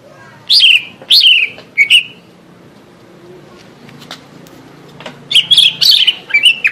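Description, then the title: Greater green leafbird song: three loud falling whistled notes, a quiet gap, then a fresh burst of quick bright phrases. "Suara Burung Cucak Ijo"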